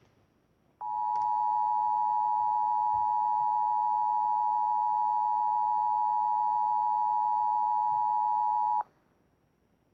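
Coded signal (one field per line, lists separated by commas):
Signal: Emergency Alert System (SAME) tones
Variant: 853 and 960 Hz attention tone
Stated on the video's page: Fictional EAS scenario, not a real alert.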